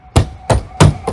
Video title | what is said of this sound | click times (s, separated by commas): Ultimate Side View Mirror Replacement Guide - ReveMoto | you should hear that snap there | 0.2 s, 0.5 s, 0.8 s